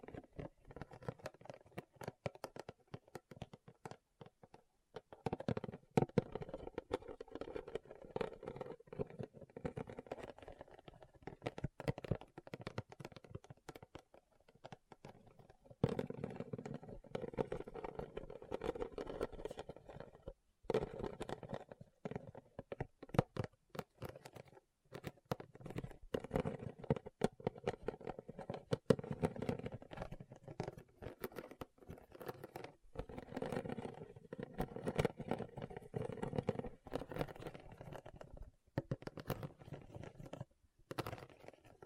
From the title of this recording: RHINESTONE Tapping & Scratching Sounds